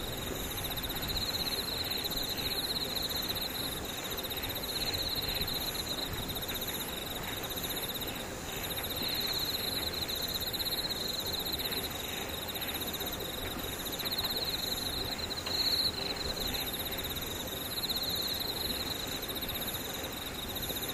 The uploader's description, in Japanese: ムシ